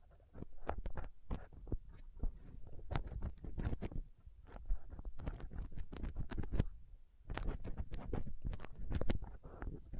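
A dental pick, tweezers and a cotton swab scrape and pick at a rough microphone, making a dense run of scratchy clicks and rubbing sounds with a heavy low thump beneath. The picking is busy and irregular, with brief lulls near four and seven seconds.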